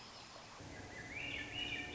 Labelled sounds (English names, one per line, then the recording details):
Swainson's Thrush
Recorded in Sonoma County, California